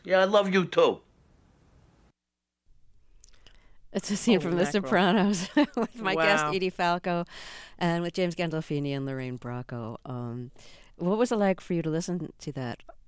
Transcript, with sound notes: Yeah, I love you too.
Holy mackerel.
That's a scene from "The Sopranos" (laughter)...
Wow.
...With my guest, Edie Falco, and James Gandolfini and Lorraine Bracco. What was it like for you to listen to that?